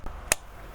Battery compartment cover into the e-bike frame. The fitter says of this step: We'll just press that down. Wait for the click.